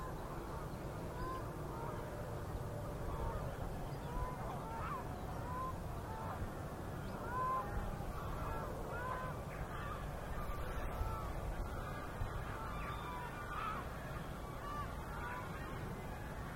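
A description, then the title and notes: A gaggle of geese calls without pause, short honks overlapping from many birds, with a few louder calls around the middle. Beneath them runs a steady, dense low rush, like flowing water or wind, filling the whole stretch. Gaggles of geese, River Thame, England, UK. I was out in the fields by the River Thame yesterday morning and the geese were clearly excited by the amount of water across the meadows.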